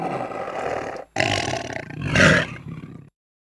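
Tiger giving harsh growls in two bursts separated by a short gap, the second swelling louder before cutting off into silence.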